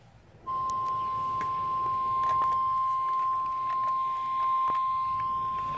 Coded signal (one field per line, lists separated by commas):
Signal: Emergency Alert System (SAME) tones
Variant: 1050 Hz attention tone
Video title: Radio EAS 18 - TOA 4